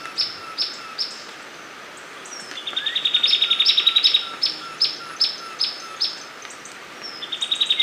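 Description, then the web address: Sepia-brown wren calls: scattered sharp high notes, then a quick burst of rapid chattering notes, followed by more spaced single notes and another short chatter. Recorded in Ecuador. "Natures Songs S America Birds of Ecuador Sepia-brown Wren"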